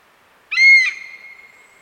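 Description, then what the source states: European honey buzzard giving a lone high, plaintive whistle with a sharp onset, sustained briefly and trailing off; quiet background otherwise. Adult female perched in a tree, giving the typical alarm call at the recordist; small but increasing Scottish breeding population; easily overlooked in breeding habitat.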